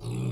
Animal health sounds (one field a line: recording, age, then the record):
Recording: pig call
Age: weaner (32 to 43 days)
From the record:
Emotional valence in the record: negative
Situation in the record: novel object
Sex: female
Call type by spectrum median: low-frequency call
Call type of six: low-frequency stable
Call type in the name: low-frequency stable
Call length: 0.32 s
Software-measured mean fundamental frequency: 61 Hz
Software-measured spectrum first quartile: 126 Hz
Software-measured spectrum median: 205 Hz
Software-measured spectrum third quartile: 722 Hz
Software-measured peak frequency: 128 Hz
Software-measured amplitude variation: 90 dB a second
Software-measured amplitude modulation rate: 32.6 a second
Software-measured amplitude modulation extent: 2.7 dB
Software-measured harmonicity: 7.8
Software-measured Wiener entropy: -1.29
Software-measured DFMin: 1070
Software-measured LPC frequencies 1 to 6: 1028, 2510, 3737, 4461, 7726, 9093 Hz